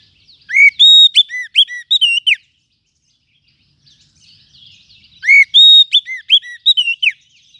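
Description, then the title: Lovebird calls: a rapid phrase of piercing arched chirps, a pause with faint twitter, then the phrase repeated. Lovebird call used as a lure to attract lovebirds. "PIKAT BURUNG LOVEBIRD"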